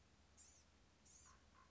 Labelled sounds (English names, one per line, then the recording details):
Blue-gray Gnatcatcher
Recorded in Sonoma County, California